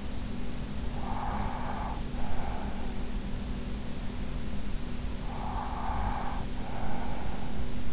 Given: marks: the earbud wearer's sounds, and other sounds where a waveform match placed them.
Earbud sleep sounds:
sounds in sleep by an in-ear microphone; breath
0.76-3.57 s: breath
5.03-7.93 s: breath

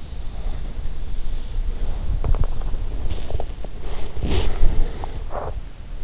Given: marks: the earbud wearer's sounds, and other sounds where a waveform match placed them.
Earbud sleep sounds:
sounds in sleep by an in-ear microphone; body movement
0.24-6.04 s: body movement

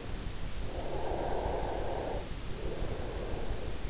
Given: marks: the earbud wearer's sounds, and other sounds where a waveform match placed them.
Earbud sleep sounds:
sounds in sleep by an in-ear microphone; breath
0.37-3.90 s: breath

